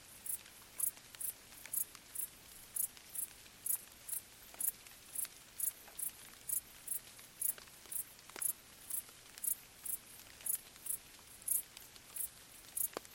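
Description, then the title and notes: Steady cricket chirps, high and evenly spaced about two per second, with occasional drips of gentle rain. Crickets stridulating late on a summer night in gentle rain falling on vegetation, along an abandoned railway track in Bad Boll, Baden-Württemberg; village silent nearby. "Crickets in gentle summer rain. crickets stridulating late at night whilst gentle summer rain falls on the surrounding vegetation. along an abandoned railway track in Bad Boll, Baden-Württemberg. Colin Hunter. Music for Sleep"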